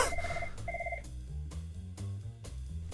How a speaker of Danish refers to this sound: Det er aldrig sket før. Hvordan kan telefonen helt seriøst ringe herinde i studiet? Det er ikke nogen af jer, der laver fis med os, vel?